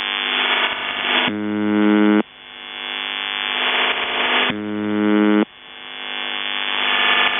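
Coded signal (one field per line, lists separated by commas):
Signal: channel marker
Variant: UVB-76, CIS-12 modem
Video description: Russian Buzzer seen with CIS-12 AT-3104 modem manufacturer by JSC Almaz CIS-12 idle audio channel leaking as audio compression takes place in-between dwell cycle of buzz.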